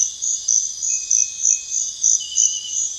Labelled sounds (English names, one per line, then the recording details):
none
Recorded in pastures near Puerto Asís, Putumayo, Colombia, on 4 March 2025 at 05:00
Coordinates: 0.502, -76.324
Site GP07